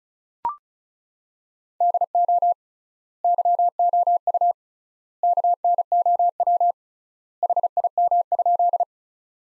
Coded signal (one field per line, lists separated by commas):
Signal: Morse code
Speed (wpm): 36 wpm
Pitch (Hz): 700 Hz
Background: none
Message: DO YOU KNOW HIM?